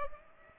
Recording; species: mosquito wingbeat signal from an infrared sensor; Culex pipiens